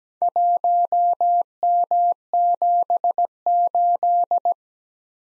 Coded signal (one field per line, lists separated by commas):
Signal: Morse code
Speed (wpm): 17 wpm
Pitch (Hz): 700 Hz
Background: none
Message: 1M78